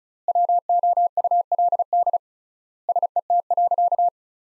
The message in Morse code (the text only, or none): WOULD SET.